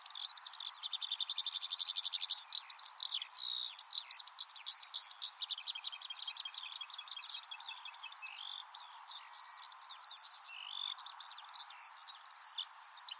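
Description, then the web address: Eurasian skylark song, a long unbroken torrent of high twitters, with stretches of quick even trilling mixed among varied slurred notes. "cianscape birddata Deverinetal 2025 File origin Bird Only Al Ar"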